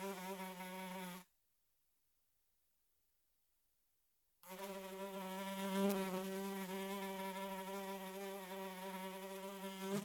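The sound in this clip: Fly wing buzz, a low droning hum with many overtones: a brief burst, about three seconds of silence, then nearly six seconds of steady buzzing.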